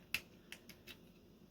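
The side adjuster knob on the plastic tilt joint of a light stand head, from a Unicucp two-pack LED video photography lighting kit (2500-8500K, dimmable) with a 62.99-inch tripod stand, is tightened again after being loosened and stepped through its ratchet detents. A sharp snap lands at 0.1 s, followed by fainter clicks around 0.5, 0.7 and 0.9 s. The joint is now locked at that angle.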